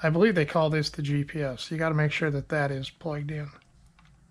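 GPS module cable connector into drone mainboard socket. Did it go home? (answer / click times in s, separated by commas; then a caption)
no / none. A GPS module cable connector is being handled for plugging into its socket on the mainboard of a DJI Phantom 3 Standard drone during reassembly for a 2.4 antenna replacement. Someone talks throughout, and faint ticks are heard near the end. Nothing has seated or clicked yet.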